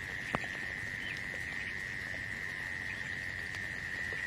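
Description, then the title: Insect song, a constant high buzzing trill running throughout, with one sharp click near the start and faint chirps behind. "《虫虫奏鸣曲》 你听过虫子的歌唱吗？倾听大自然的天籁之音"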